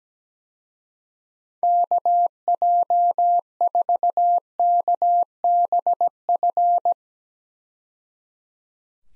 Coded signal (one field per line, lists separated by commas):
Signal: Morse code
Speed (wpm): 17 wpm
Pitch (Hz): 700 Hz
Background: none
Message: KJ4KBF